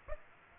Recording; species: mosquito wingbeat signal from an infrared sensor; Aedes aegypti